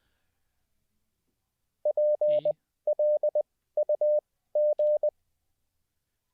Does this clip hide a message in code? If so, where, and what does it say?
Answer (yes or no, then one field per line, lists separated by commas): yes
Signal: Morse code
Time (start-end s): 1.9-5.1 s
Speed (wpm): 20 wpm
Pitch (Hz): 590 Hz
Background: none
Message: PLUG